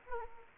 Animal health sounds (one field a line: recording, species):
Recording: mosquito wingbeat signal from an infrared sensor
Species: Anopheles arabiensis